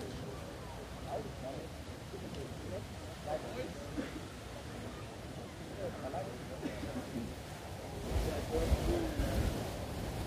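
A bustling outdoor scene in Munich's Englischer Garten, with a steady murmur of many overlapping voices throughout. Occasional brighter calls stand out, and around the eighth second the crowd grows louder with a few sharper clatters and thumps before easing slightly.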